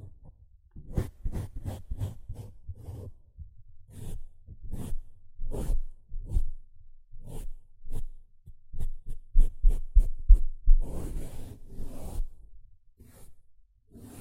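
A sponge is handled in short, irregular bursts of scratching and squishing, each stroke a brief rough rasp with a soft low thump beneath it. The strokes come in quick clusters with small gaps, and a longer, denser brushing passage arrives around eleven to twelve seconds.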